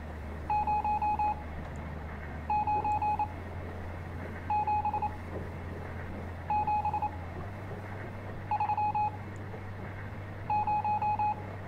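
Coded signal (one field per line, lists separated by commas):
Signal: Morse code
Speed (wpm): 27 wpm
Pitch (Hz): 840 Hz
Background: none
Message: 097730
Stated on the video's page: From the game Stories Untold, episode The Station Process.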